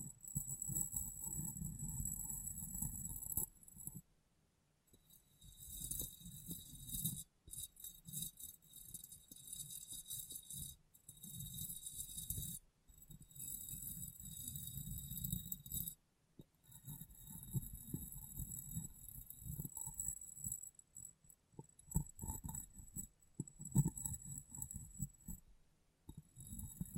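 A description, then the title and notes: Fingers tap and wipe across a glass brain in bursts of busy, rattly activity, pausing briefly around 4, 11, 16 and 21 seconds. The handling is dense and irregular, with a low rumbling rub under crisp, bright clicks and a thin steady ringing tone throughout. ASMR Glass Brain Tapping & Cleaning (No Talking).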